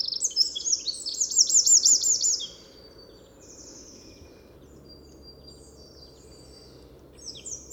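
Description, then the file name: Eurasian wren burst of shrill, rapid notes and a quick trill for over two seconds, then near quiet with a faint high phrase at the end. "Troglodytes troglodytes"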